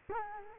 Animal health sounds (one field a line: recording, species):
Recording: mosquito wingbeat signal from an infrared sensor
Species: Culex quinquefasciatus